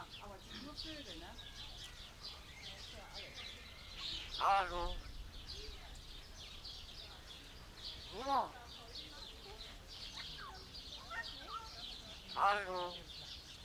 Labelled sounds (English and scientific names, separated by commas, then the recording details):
Common Hill Myna (Gracula religiosa)
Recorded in captivity
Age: adult
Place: Zoo Berlin, Berlin, DE
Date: 1992-06-20 12:03
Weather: wolkig-heiter, 20-24°C
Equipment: Marantz CP 430, Sennheiser ME 80, Kopie Tesla B 116
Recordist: Tembrock, Günter